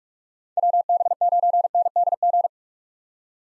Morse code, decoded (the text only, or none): WB9NDG